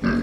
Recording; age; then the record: pig call; growing-finishing pig (85 days or more)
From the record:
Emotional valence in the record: negative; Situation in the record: barren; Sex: male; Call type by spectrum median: low-frequency call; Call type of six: low-frequency stable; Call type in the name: low-frequency stable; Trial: 4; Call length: 0.23 s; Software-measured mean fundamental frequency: 58 Hz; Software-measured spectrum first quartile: 219 Hz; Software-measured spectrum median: 372 Hz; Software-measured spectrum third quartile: 1287 Hz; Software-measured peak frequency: 231 Hz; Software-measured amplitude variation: 140 dB a second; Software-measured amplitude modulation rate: 27.7 a second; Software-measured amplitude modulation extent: 5.1 dB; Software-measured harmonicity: 4.0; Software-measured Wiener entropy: -2.11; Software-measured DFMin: 797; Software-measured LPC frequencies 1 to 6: 252, 1599, 2561, 4379, 5188, 5573 Hz